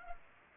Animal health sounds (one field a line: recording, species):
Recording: mosquito wingbeat signal from an infrared sensor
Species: Culex pipiens